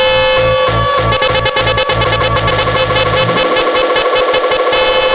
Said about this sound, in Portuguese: Buzinando. Buzinando. Buzinando.